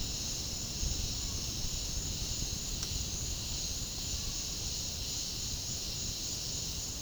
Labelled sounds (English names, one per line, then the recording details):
none
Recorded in dense forest near Puerto Asís, Putumayo, Colombia, on 18 February 2024 at 09:30
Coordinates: 0.485, -76.325
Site G6429